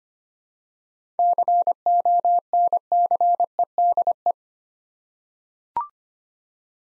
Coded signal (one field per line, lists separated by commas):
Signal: Morse code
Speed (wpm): 25 wpm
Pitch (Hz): 700 Hz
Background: none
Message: CONCEDE